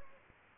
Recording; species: mosquito wingbeat signal from an infrared sensor; Anopheles gambiae